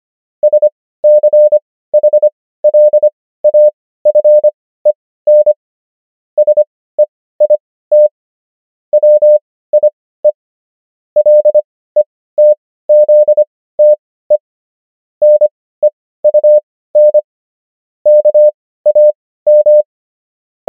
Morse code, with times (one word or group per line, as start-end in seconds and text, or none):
0.4-5.5 SCHLAFEN
6.4-8.1 SEIT
8.9-10.3 WIE
11.2-14.4 LETZTE
15.2-17.2 NEUN
18.1-19.8 KAM